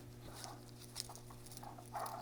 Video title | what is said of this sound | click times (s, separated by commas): MGTD - G3 Harness System | That snaps into place. | 1.0 s